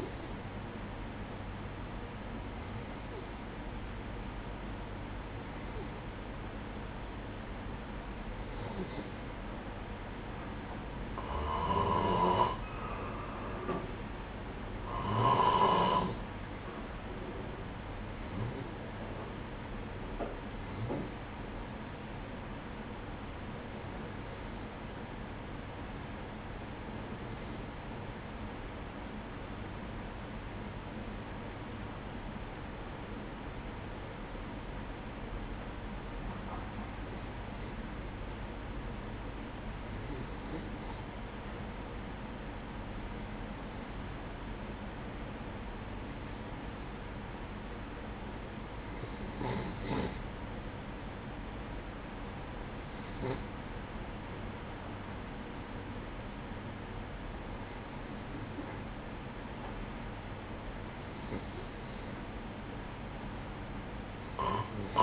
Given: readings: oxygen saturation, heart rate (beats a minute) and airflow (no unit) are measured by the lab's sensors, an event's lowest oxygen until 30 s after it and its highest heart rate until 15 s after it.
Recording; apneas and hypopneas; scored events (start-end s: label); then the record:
breathing in sleep by a voice recorder at the bedside; 1
27.00-58.20 s: hypopnea (N3, oxygen 95% highest, then 92% lowest, heart rate 64 at the start, 65 highest)
From the record:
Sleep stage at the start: N3 (deep sleep); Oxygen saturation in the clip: 92 to 95%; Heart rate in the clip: 61 to 65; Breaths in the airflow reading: 21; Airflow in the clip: -10.1 to 8.6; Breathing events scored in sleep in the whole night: 180 in 6.7 hours asleep